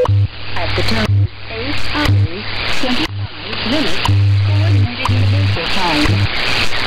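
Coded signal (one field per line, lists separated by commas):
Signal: radio time signal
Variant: WWV/WWVH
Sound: static-laden shortwave audio with a low 100 Hz hum pulsing each second, faint voice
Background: radio static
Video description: WWV + WWVH 10MHz, -65dBFS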